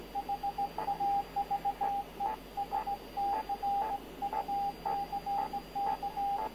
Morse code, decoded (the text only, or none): HAVE STRUCK